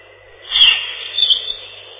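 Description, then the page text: European robin song, two bright high warbled phrases about half a second apart, the upper notes sounding muffled and cut off. Song described as a loud ringing trill. "Зарянка, или реполов, или малиновка - Erithacus rubecula"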